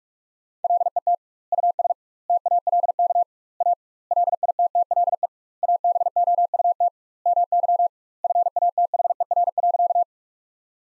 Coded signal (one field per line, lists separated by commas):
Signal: Morse code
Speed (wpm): 41 wpm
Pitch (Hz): 700 Hz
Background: none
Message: LET US TALK A LITTLE ABOUT MY FATHER.